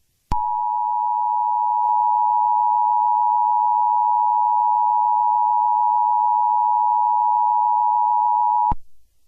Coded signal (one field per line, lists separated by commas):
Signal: Emergency Alert System (SAME) tones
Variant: 853 and 960 Hz attention tone